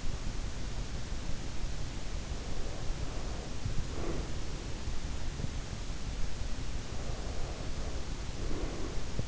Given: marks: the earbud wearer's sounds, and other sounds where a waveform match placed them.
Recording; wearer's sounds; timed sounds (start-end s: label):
sounds in sleep by an in-ear microphone; breath
1.96-4.88 s: breath
6.88-9.28 s: breath